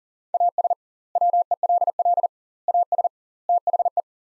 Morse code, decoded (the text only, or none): AS WELL AS THE